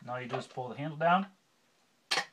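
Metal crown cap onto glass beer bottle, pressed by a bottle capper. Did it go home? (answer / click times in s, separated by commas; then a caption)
yes / 2.1 s. Someone talks, then a bench bottle capper's handle is pulled down to crimp a metal crown cap onto a glass beer bottle. A single short tick is heard at 2.1 s as the cap seats on the bottle.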